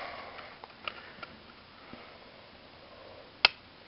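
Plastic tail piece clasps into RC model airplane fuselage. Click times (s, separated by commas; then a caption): 0.9 s, 3.5 s. A replacement plastic tail assembly, with elevator and rudder, is pressed onto the fuselage of a small RC foam Mini Super Cub airplane. It clicks at 0.9 s and again, louder and sharper, at 3.5 s, with a few faint ticks in between. The plastic clasps on the top and bottom sides have both snapped into place and the tail is seated firmly.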